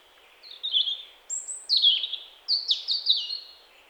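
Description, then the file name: European robin song: thin high warbling phrases, wavering and descending, with bright twittery notes between, in short bursts over about four seconds; faint background hiss. "Erithacus rubecula"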